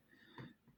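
A third plastic accessory piece is handled against the front of a Lanard S.T.A.R.FORCE 1999 toy playset, with low handling noise and a brief louder burst of contact sound around 0.4 s. The clip ends before the piece goes home, so nothing has seated or clicked yet.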